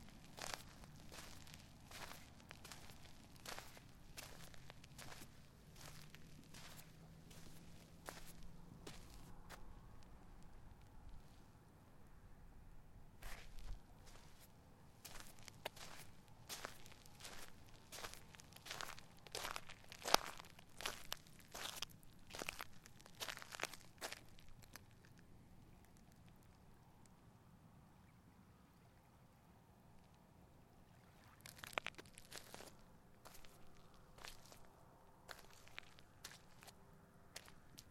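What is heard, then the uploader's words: Someone walks along a causeway, each step a crisp, sharp crunch in a steady rhythm. The footsteps come in runs, pausing briefly around ten seconds and going quiet for a few seconds near twenty-five before resuming. A low rumble, like traffic, sits underneath throughout. A stereo recording of walking on a causeway in southwest florida.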